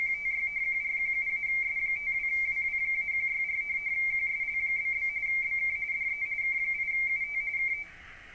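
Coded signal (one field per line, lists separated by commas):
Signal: RTTY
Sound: rapid warbling two-tone chatter around 2 kHz, steady for about eight seconds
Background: radio static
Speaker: we simply press this button that says send all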